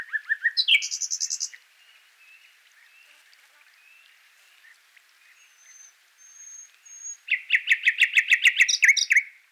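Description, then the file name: Common nightingale singing: a rattling phrase with a buzzy end, quiet soft warbling and thin whistles, then another loud run of fast repeated notes. "Luscinia megarhynchos"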